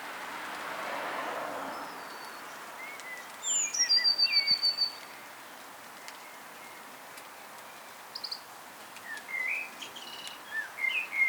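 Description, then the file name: Eurasian blue tit call, a high thin note dropping into a quick trill of about a second, followed by scattered chirps and a soft hiss. "Cyanistes caeruleus"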